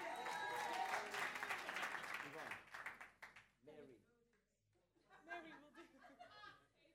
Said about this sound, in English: Give a nice big round of applause.